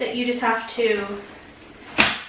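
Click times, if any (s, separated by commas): 2.0 s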